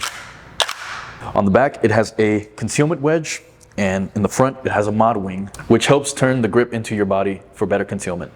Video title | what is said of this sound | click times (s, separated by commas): Holster Finder: Which TXC Holster Is Right For You? | It offers passive retention, meaning that it is set and it sets in with a nice positive click. | 0.6 s